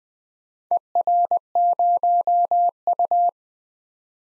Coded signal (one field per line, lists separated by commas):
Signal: Morse code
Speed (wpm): 20 wpm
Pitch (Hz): 700 Hz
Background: none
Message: ER0U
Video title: DXCC-100 Call Signs - 4 Character 20wpm